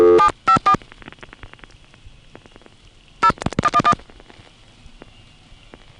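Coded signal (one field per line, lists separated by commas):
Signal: DTMF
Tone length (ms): 80 ms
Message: 754 0 11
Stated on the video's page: Trunk signalling from senderized step-by-step (XY) exchanges in Manassas, 1976.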